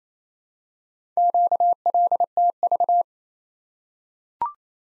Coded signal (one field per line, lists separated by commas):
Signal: Morse code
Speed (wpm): 29 wpm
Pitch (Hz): 700 Hz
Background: none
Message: QLTV